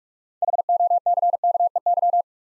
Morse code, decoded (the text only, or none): HOCKEY